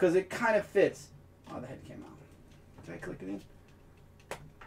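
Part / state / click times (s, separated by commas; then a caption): plastic action figure head onto the figure's neck peg / seated / 4.3 s. A man talks while pushing the Tony Stark head of a 12-inch plastic Marvel Legends Iron Man action figure onto its neck peg. After a struggle, a sharp click rings out at 4.3 s as the head snaps fully into place, seated, though the fit is a bit tight.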